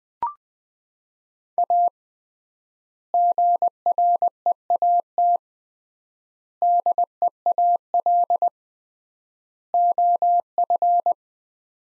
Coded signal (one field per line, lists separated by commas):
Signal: Morse code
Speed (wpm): 20 wpm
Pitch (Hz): 700 Hz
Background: none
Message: A GREAT DEAL OF